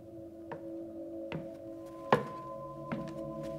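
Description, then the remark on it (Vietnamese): Four hard, clattering footsteps strike at a slow, even pace on a staircase in a gold shop, each a sharp knock, the third loudest, over a steady low hum with no voices. “ở đầu cầu thang vang lên tiếng bước chân lộc cộc lộc cộc.”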